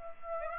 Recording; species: mosquito wingbeat signal from an infrared sensor; Aedes aegypti